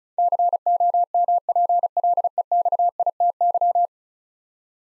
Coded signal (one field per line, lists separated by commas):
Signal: Morse code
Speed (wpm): 36 wpm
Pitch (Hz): 700 Hz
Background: none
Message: COMPLEXITY